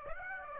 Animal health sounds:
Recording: mosquito wingbeat signal from an infrared sensor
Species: Aedes aegypti

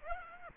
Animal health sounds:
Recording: mosquito wingbeat signal from an infrared sensor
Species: Aedes aegypti

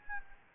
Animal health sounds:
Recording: mosquito wingbeat signal from an infrared sensor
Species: Aedes albopictus

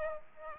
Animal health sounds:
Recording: mosquito wingbeat signal from an infrared sensor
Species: Aedes aegypti

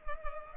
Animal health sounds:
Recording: mosquito wingbeat signal from an infrared sensor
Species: Culex pipiens

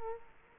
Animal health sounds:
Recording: mosquito wingbeat signal from an infrared sensor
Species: Culex quinquefasciatus

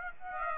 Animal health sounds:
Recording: mosquito wingbeat signal from an infrared sensor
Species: Aedes aegypti

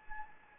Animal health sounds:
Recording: mosquito wingbeat signal from an infrared sensor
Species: Anopheles gambiae

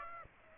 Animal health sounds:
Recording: mosquito wingbeat signal from an infrared sensor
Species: Aedes aegypti

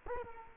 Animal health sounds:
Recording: mosquito wingbeat signal from an infrared sensor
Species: Culex quinquefasciatus

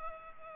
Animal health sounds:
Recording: mosquito wingbeat signal from an infrared sensor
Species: Culex pipiens

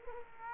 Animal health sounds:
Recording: mosquito wingbeat signal from an infrared sensor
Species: Culex quinquefasciatus

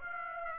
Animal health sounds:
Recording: mosquito wingbeat signal from an infrared sensor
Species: Aedes aegypti

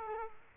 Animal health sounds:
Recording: mosquito wingbeat signal from an infrared sensor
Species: Culex quinquefasciatus

